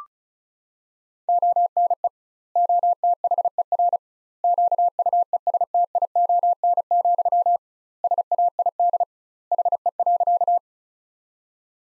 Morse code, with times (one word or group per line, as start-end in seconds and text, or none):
1.3-2.1 ONE
2.6-4.0 OTHER
4.4-7.6 QUESTION,
8.0-9.0 SAID
9.5-10.6 HE.